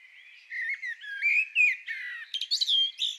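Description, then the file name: Common blackbird delivering a leisurely warbled phrase of low, mellow whistles that climbs into a tumbling run of high, scratchy twitters. "Turdus merula"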